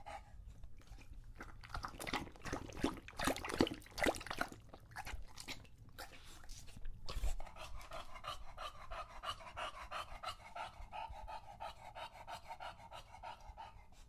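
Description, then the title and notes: English Bulldog lapping water in quick, irregular wet splashes, then a steadier rhythmic wet sound for the rest. Male English Bulldog named Lucho drinking from a water bowl after a long walk, breathing heavily between drinks because he is out of breath. "English Bulldog Drinks from Water Bowl - Weird Sounds. listen to Lucho the English Bulldog as he tries to drink water after a long walk. Don't let his heavy breathing fool you in between drinks, he's equally out of breath from the walk"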